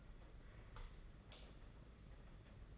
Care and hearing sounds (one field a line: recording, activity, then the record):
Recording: daily activity, microphone in the room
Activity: light on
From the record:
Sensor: 4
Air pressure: 992.7 hPa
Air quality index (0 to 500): 168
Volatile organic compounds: 238 ppm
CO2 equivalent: 4327 ppm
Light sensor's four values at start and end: 4/8/3/3 and 4/8/3/3